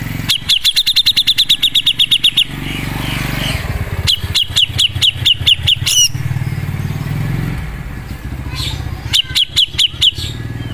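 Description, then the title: Grey-cheeked bulbul song in quick bursts of sharp, bright chirps, three short phrases with gaps between them, with low engine noise in the background. Masteran recording, a song track used to tutor other birds. "MASTERAN CUCAK JENGGOT"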